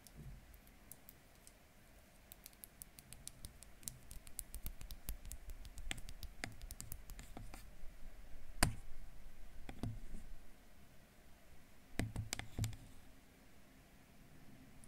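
Camera tapping: a run of sharp, dry taps, dense and fairly quick between about two and eight seconds, then scattered single hits near nine, ten and twelve seconds, the loudest around 8.7 seconds. Under the taps sits a soft, steady hiss with faint low rumbling.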